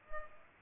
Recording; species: mosquito wingbeat signal from an infrared sensor; Culex pipiens